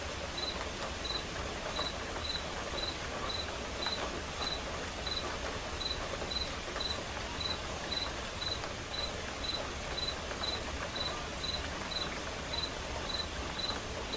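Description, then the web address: Crickets chirping in short high pulses, steady throughout, over a constant hiss of quiet rain. Crickets chirping along with quiet rain. "som de chuva silenciosa com acompanhamento de grilos"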